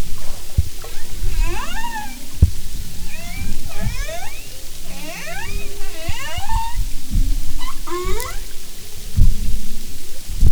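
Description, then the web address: Humpback whale calls: a busy series of rising and falling whooping and swooping tones, several overlapping, over low rumbling underwater noise and clicks. "Marine Mammals humpback"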